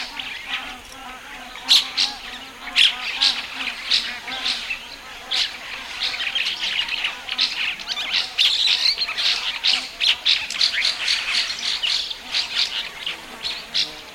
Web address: spot winged starling call